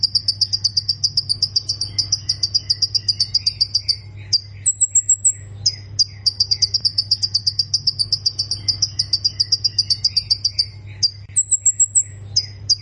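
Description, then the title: Plain prinia singing long runs of rapid high chirps, broken by brief pauses and a few thinner, higher whistled notes, with a constant low hum underneath. "Ciblek Sawah"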